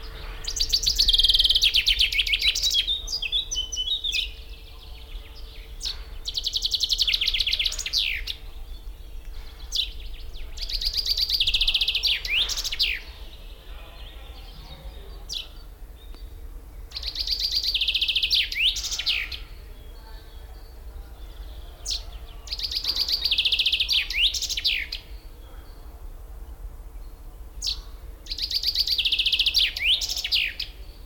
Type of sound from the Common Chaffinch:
song